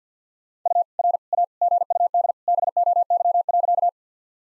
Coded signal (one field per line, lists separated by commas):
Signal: Morse code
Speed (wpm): 50 wpm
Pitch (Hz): 700 Hz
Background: none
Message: U R A GUD BOY.